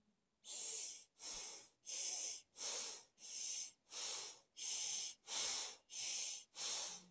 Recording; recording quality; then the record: shallow breathing; excellent, no background noise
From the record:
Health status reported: healthy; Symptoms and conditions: none ticked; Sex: male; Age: 25 years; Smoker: not ticked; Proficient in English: yes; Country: India